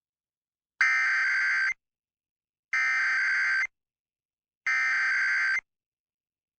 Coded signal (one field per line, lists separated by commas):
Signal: Emergency Alert System (SAME) tones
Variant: header bursts